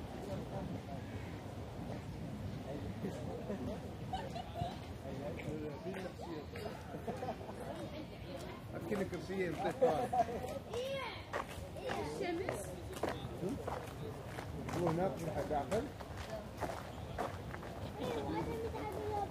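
People pass by in Munich's Englischer Garten, with overlapping fragments of conversation in a steady murmur. Sharp taps and footsteps crop up irregularly throughout, and the voices swell louder around ten seconds and again near fifteen.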